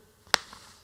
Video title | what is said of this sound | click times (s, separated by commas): Fujifilm 70-300mm F4-5,6 - First Impressions (with samples) | this just a little click and the zoom is gonna work as you can see | 0.3 s